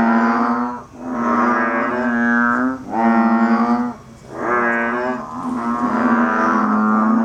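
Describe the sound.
Banded bullfrog giving a few drawn-out, nasal lowing notes, repeated back to back with brief dips between them.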